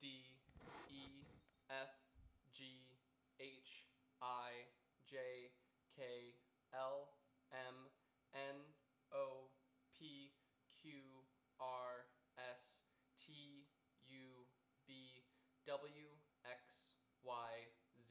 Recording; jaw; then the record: letters of the alphabet, spoken; free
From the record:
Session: first day, before the bite bar